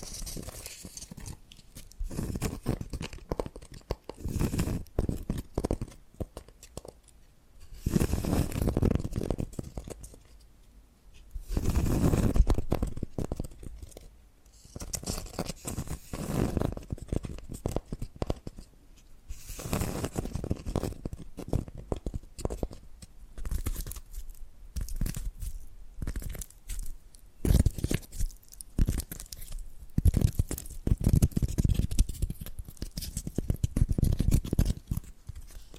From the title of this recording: Tapping and Scratching Sounds